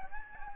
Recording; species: mosquito wingbeat signal from an infrared sensor; Aedes albopictus